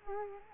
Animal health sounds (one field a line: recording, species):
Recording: mosquito wingbeat signal from an infrared sensor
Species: Culex quinquefasciatus